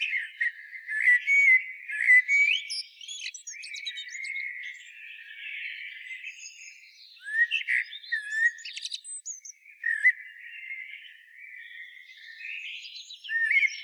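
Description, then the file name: Common blackbird song, a continuous stream of fluty warbles mixed with thin high squeaky notes. "Turdus merula"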